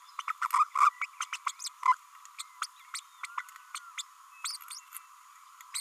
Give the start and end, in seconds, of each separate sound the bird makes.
0.18-0.22, 0.28-0.32, 0.74-0.90, 1.01-1.06, 1.20-1.24, 1.33-1.36, 1.46-1.51, 1.59-1.69, 1.85-1.95, 2.39-2.42, 2.62-2.66, 2.94-3.00, 3.23-3.26, 3.74-3.79, 3.98-4.02, 4.44-4.57